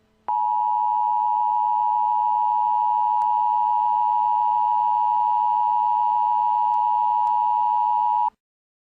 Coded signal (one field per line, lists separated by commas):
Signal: Emergency Alert System (SAME) tones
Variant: 853 and 960 Hz attention tone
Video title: Emergency alert system civil danger warning